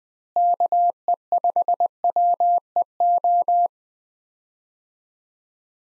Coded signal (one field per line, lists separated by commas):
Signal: Morse code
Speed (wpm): 21 wpm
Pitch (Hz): 700 Hz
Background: none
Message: KE5WEO